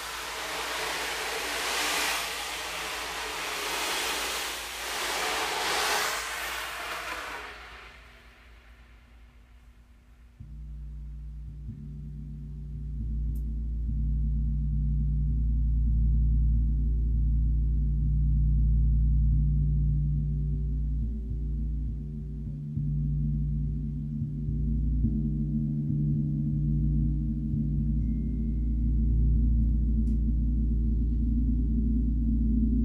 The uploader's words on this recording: Gong ,chimes ,crystal bowls healing meditation for times of change.